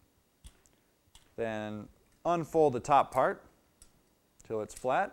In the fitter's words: Then you take the 3 legs, pull them out until it clicks, and the bottom's together.